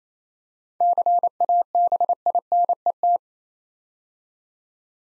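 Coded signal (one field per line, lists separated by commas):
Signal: Morse code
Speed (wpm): 28 wpm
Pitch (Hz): 700 Hz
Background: none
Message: CABINET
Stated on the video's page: Morse practice at 28 wpm sending seven-letter words for head-copy, each word sent twice.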